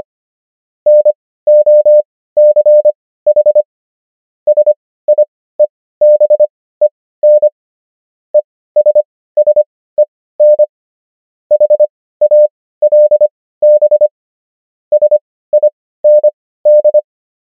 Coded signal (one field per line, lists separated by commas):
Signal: Morse code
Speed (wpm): 25 wpm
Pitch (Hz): 600 Hz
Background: none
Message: NOCH SIEBEN ESSEN HALB SIND